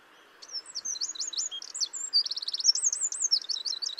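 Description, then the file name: Eurasian wren with an energetic high song of staccato notes, a buzzy rapid trill and fast warbling loops, running nonstop for over three seconds. "Troglodytes troglodytes"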